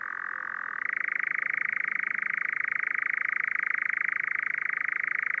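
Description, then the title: European nightjar churr, a fast pulsing trill that starts slightly lower then shifts up and continues steadily. "Kehrääjä"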